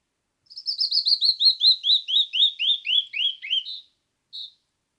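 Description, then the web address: Canyon wren song, a rapid descending series of bright whistled notes that drop steadily in pitch, ending with a couple of separate higher notes. "birdsongforthecurious songs Canyon wren"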